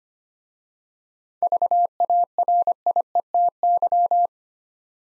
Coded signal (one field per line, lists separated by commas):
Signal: Morse code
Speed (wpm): 25 wpm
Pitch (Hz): 700 Hz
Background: none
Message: VARIETY